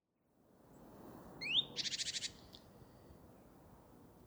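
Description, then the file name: Great tit churring call: a thin rising note followed by a short buzzy rattle of about six rapid pulses, then quiet background. "Parus major"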